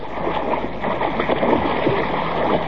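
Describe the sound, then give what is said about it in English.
Heavy, continuous splashing of water as a man who has let go of a boat falls in and thrashes, a dense churning rush that holds steady for a few seconds with no voices. “He's let go of the boat.”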